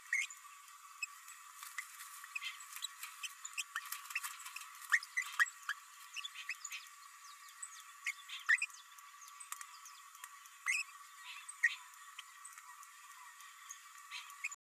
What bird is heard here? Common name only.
Green-rumped Parrotlet